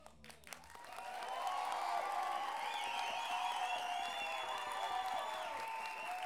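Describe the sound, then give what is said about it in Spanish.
An audience bursts into applause for the production staff at a music show. The applause swells within the first second and then holds steady and loud, dense clapping mixed with crowd cheering and a few high whoops or whistles. “Gracias por esos aplausos espontáneos para la gente relacionada.”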